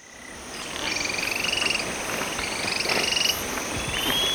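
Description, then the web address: Yellow tyrannulet calling in quick pulsed chatters against a dense, constant background hum. Recorded in Ecuador, South America. "Birds of Ecuador 3. Yellow Tyrannulet"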